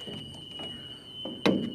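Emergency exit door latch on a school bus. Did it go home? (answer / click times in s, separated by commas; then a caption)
yes / 1.5 s. A driver lifts the handle of a school bus emergency exit door to check that the door works and locks in place. Soft thunk-like door sounds lead to a sharp, loud latch thunk at 1.5 s, with a steady high tone throughout. The emergency door latch locks.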